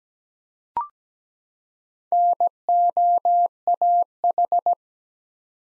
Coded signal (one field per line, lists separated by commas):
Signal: Morse code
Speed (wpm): 17 wpm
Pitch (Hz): 700 Hz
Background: none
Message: NOAH